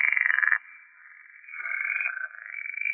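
Pool frog calling with loud, rapidly pulsed rattling croaks, a strong burst at first, then a quieter stretch before the purring rattle builds again.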